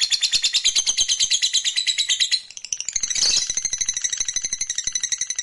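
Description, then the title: Lovebird ngekek, a long rapid chattering trill of shrill high notes, briefly breaking into a harsher burst midway before the pulsed trill resumes. Fighter-type lovebird giving a long ngekek trill. "Begitu Dengar Suara Lovebird FIGHTER NGEKEK PANJANG"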